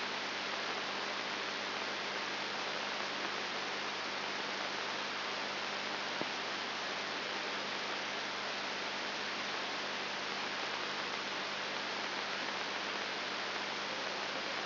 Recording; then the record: brain microelectrode recording played as sound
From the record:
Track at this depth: inside the subthalamic nucleus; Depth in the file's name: 4.701 mm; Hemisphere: left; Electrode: 3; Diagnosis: Parkinson's disease